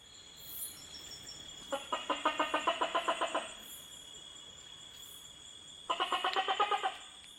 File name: tokay gecko